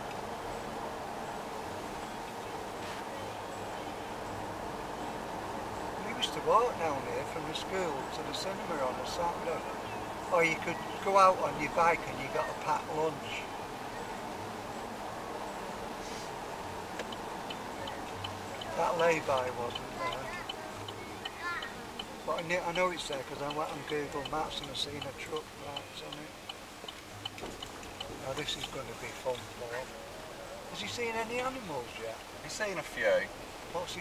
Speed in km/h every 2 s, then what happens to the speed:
57, 57, 61, 63, 63, 62, 59, 56, 57, 56, 47, 35, 30, 23, 28, 35, 37.
0-8 speeds up to 63. 8-26 slows to 23. 26-34 speeds up to 37.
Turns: 22-26.